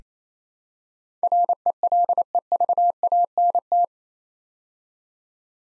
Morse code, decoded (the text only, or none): RELEVANT